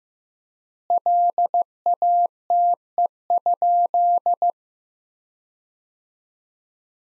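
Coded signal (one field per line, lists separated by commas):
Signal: Morse code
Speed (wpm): 15 wpm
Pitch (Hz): 700 Hz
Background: none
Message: LATE?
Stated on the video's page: Morse practice sentences from top 300 words at 15 wpm with 3x standard word spacing, a Farnsworth-like method.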